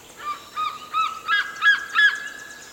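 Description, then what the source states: Madagascar fish eagle call: a series of six yelping, harmonic notes about every third of a second, stepping slightly higher in pitch as the series goes on. Critically endangered large raptor of Madagascar that eats only fish, nests in big trees and depends on diminishing wetlands; population very low in the early 1990s.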